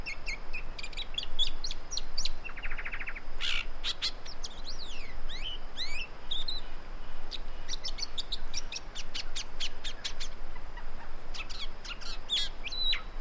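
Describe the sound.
Great woodswallow calls: scattered sharp chirps and sliding notes with a brief buzzy rattle early on, dense chattering midway, steady low background rumble throughout.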